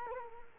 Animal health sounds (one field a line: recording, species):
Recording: mosquito wingbeat signal from an infrared sensor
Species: Culex quinquefasciatus